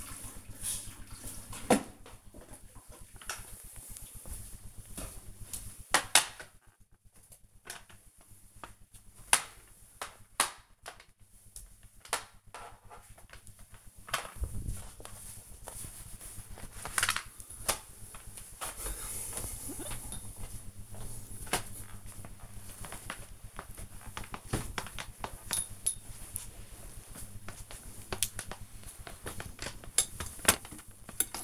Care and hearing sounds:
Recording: household activities, microphone on the right wrist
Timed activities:
0.00-31.44 s: floor cleaning

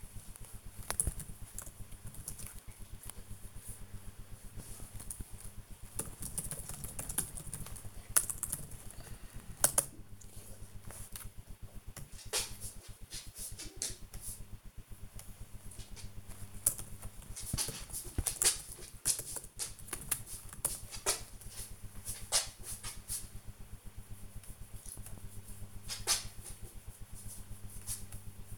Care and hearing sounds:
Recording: household activities, microphone on the right wrist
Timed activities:
0.00-28.58 s: working on the computer

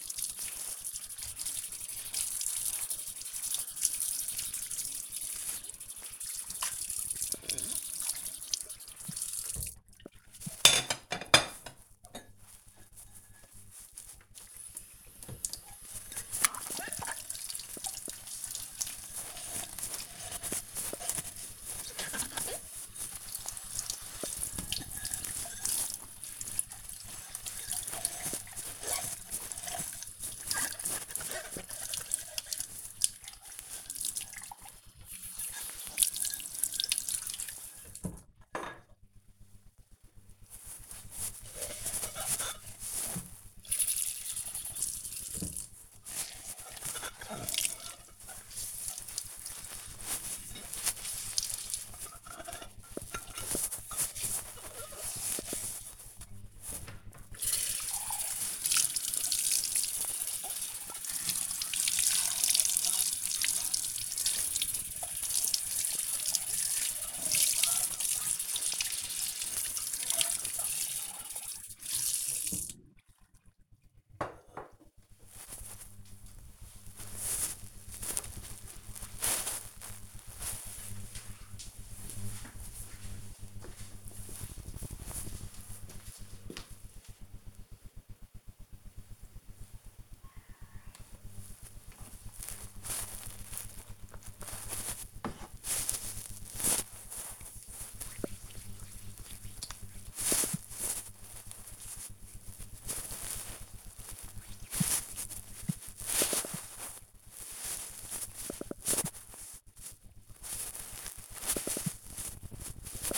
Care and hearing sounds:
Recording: household activities, microphone on the right wrist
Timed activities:
0.00-74.60 s: washing dishes
90.67-112.83 s: cream hands

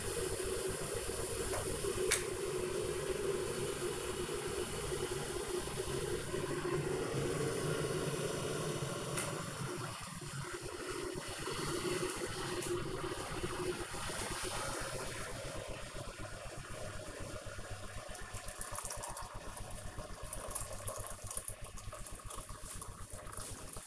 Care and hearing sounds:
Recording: household activities, microphone on the right wrist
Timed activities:
0.00-23.87 s: making tea

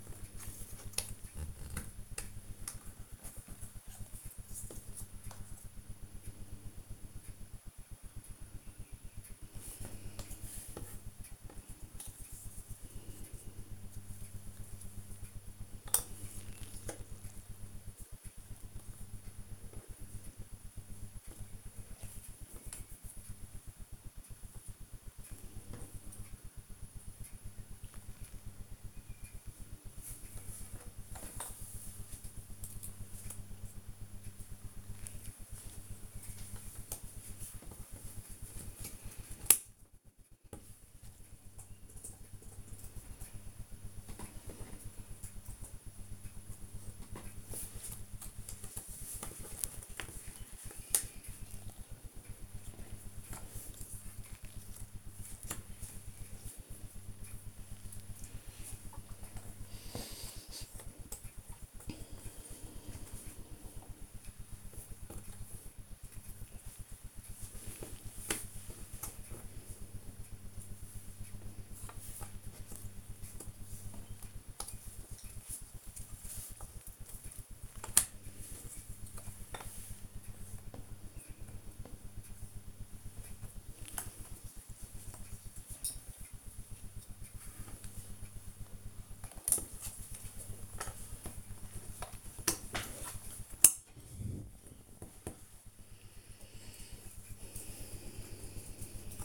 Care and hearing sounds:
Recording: household activities, microphone on the right wrist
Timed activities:
0.00-43.32 s: doing a puzzle
46.34-99.25 s: doing a puzzle

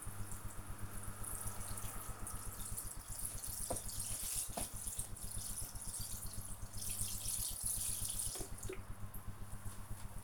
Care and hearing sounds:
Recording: household activities, microphone on the right wrist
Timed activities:
0.00-9.61 s: watering plant

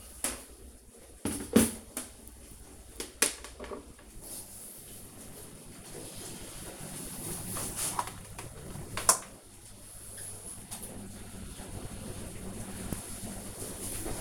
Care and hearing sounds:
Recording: household activities, microphone on the right wrist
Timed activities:
0.00-14.21 s: kitchen

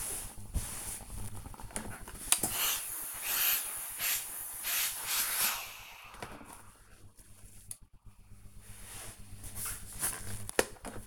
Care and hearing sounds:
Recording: household activities, microphone on the right wrist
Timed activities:
0.81-11.07 s: ironing laundry

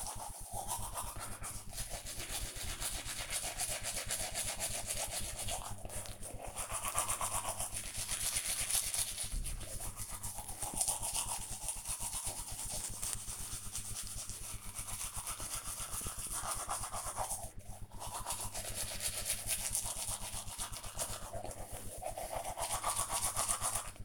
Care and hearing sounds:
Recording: household activities, microphone on the right wrist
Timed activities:
0.00-24.05 s: brushing teeth

